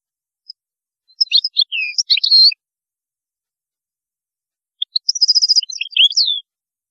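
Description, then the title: European goldfinch song, two twittering phrases of mixed chirps, slurred notes and a fast trill, separated by a short silence. "Chant Chardonneret"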